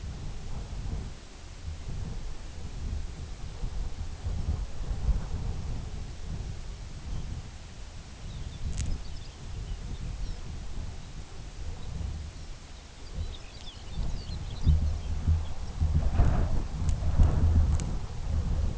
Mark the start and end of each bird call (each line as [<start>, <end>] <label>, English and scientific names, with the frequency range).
[6.98, 7.28] Lapland Longspur (Calcarius lapponicus) (2.4-3.9 kHz)
[8.17, 10.48] Lapland Longspur (Calcarius lapponicus) (2.0-5.9 kHz)
[11.63, 11.92] Lapland Longspur (Calcarius lapponicus) (3.2-4.6 kHz)
[12.18, 15.56] Lapland Longspur (Calcarius lapponicus) (1.9-5.8 kHz)